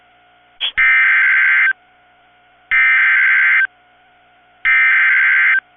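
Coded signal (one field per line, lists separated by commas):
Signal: Emergency Alert System (SAME) tones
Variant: header bursts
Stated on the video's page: Severe thunderstorm warnings from NOAA weather radio station KIG86, Columbus, Ohio.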